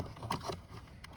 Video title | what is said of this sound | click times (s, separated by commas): Rear Window Regulator Replacement For Dodge Nitro (Cheapest Route) | it up, you hear it click, and then push this red tab inwards. You hear that lock in place. | 0.3 s